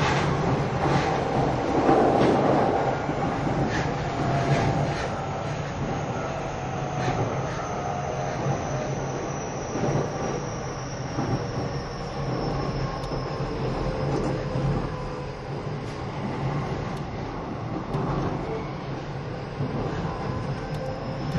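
A train runs steadily with a low continuous rumble, rhythmic clicks of wheels on track, and a faint high whine fading slowly throughout.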